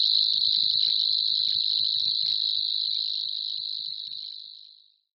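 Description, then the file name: Savi's warbler reeling song, an even high-pitched buzz that gradually fades away near the end. "Cvrčilka-slavíková"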